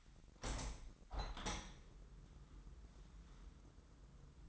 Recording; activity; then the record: daily activity, microphone in the room; open window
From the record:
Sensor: 3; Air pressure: 998.5 hPa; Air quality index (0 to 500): 154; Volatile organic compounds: 6 ppm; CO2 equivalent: 1857 ppm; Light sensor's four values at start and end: 11/27/11/12 and 12/28/12/13